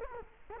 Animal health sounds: mosquito wingbeat signal from an infrared sensor; Culex quinquefasciatus

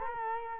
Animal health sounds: mosquito wingbeat signal from an infrared sensor; Culex quinquefasciatus

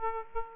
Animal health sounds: mosquito wingbeat signal from an infrared sensor; Aedes aegypti

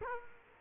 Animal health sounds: mosquito wingbeat signal from an infrared sensor; Culex quinquefasciatus

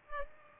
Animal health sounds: mosquito wingbeat signal from an infrared sensor; Culex pipiens

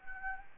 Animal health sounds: mosquito wingbeat signal from an infrared sensor; Anopheles gambiae

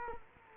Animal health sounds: mosquito wingbeat signal from an infrared sensor; Culex quinquefasciatus

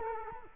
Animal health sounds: mosquito wingbeat signal from an infrared sensor; Culex quinquefasciatus

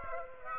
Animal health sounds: mosquito wingbeat signal from an infrared sensor; Aedes aegypti

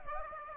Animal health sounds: mosquito wingbeat signal from an infrared sensor; Aedes aegypti

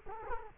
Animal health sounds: mosquito wingbeat signal from an infrared sensor; Culex quinquefasciatus

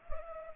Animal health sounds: mosquito wingbeat signal from an infrared sensor; Culex pipiens

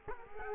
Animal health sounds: mosquito wingbeat signal from an infrared sensor; Culex quinquefasciatus

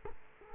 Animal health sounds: mosquito wingbeat signal from an infrared sensor; Culex quinquefasciatus

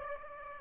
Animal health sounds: mosquito wingbeat signal from an infrared sensor; Aedes aegypti

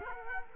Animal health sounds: mosquito wingbeat signal from an infrared sensor; Culex quinquefasciatus

